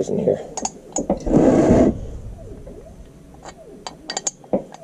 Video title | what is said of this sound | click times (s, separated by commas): Buying and fixing my first tractor. 1956 International 300 Utility | Well, it doesn't click, | none